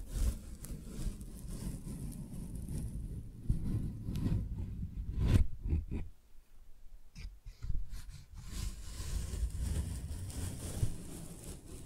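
Tingly flower sounds: soft crinkles and light clicks over a steady low rumble. A sharp crackle lands near the middle, then a brief hush, followed by scattered ticks and a return of the faint rustling and low murmur toward the end.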